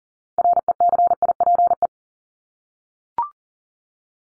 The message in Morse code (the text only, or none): RECIPE